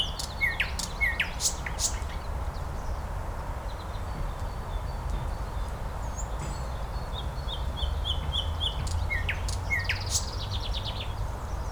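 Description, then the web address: Nightingale song with sharp upward strokes, a repeated short phrase and a series of chipping notes, over constant low-frequency noise. "slowik spiew slowika"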